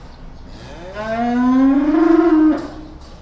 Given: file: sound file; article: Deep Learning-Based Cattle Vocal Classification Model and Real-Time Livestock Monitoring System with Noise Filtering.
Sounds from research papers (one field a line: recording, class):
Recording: cattle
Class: estrus call